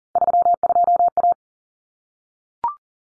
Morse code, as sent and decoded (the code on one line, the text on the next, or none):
...-- ..--- .-
32A